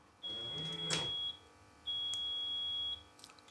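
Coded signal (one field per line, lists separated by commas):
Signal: beep code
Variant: Rolls-Royce Silver Spirit alarm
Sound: two steady high beeps about a second each, with a mechanical lock clunk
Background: car lock clunk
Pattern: 2 long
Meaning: Two beeps confirm the car is unlocked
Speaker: Two beeps to tell us that the car is unlocked.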